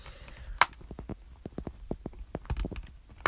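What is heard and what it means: A screwdriver works a small screw in a laptop case after the bigger screwdriver would not fit properly, making a series of sharp taps and slips, with the loudest strikes near 0.6 and 3.3 seconds. The screw head strips and the screw does not come out; nothing has seated or clicked yet.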